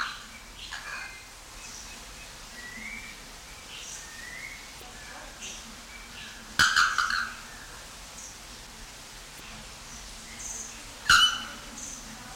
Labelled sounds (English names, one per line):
Bare-throated Bellbird call